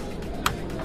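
A container security bolt seal is demonstrated at an expo stand: the male metal bolt is pushed into its female locking part, and a sharp, short click is heard at 0.5 s over steady background noise. The bolt seal is locked.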